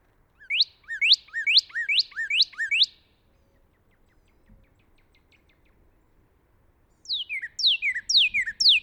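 Northern cardinal song with a run of rapid down-slurred whistles, a silent pause, then another phrase of similar sweeping notes.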